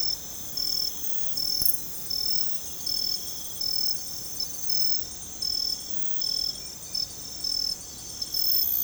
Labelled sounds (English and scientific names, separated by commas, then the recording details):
none
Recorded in secondary vegetation near Puerto Asís, Putumayo, Colombia, on 20 December 2024 at 01:30
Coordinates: 0.468, -76.324
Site G095